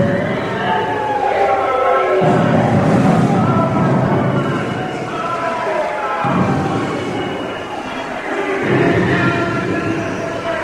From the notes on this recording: a trip to Disneyland